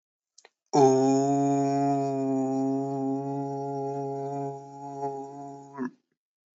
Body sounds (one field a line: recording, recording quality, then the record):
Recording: sustained vowel as in boot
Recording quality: excellent, no background noise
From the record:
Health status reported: respiratory illness, not identified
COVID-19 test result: not tested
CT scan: not taken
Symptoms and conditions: cold, breathing difficulty, sore throat, muscle pain, another respiratory illness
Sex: male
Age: 21 years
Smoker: no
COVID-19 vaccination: both doses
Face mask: worn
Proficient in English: yes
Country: India